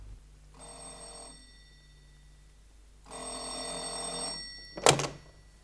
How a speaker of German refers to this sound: Es war abends, kurz nach 11, ich lag schon im Bett, als das Telefon läutete.